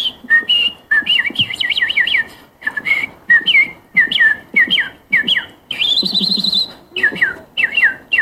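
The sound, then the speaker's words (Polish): A person whistles an imitation of a thrush nightingale's song at a Polish bird-imitation championship: loud, rapid bursts of sharp, high chirps and trills in short repeated phrases, separated by brief pauses, with one longer, higher warbling run near the end. “Słowik szary.”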